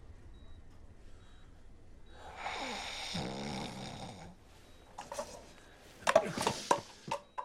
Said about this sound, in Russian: Ты еще храпишь, как бегемот.